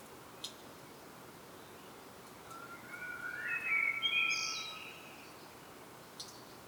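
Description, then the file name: Common blackbird giving one quiet, short warbled phrase with a thin high twitter, heard against steady background hiss with a couple of faint clicks. "Turdus merula"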